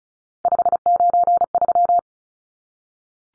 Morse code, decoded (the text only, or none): 593